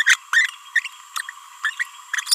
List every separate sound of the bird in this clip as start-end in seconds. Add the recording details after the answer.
0.06-0.15, 0.33-0.46, 1.16-1.17, 1.64-1.70, 1.79-1.83. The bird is a female. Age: 31 days. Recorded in a nest box in Venezuela. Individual 17B42A2